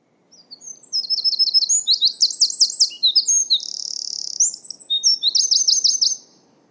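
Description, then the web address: Bird song: high, rapid trilled phrases of repeated looping notes, a buzzy note in the middle, then another fast trill, in a quiet background. "Deverinetal 2025. Bird Only"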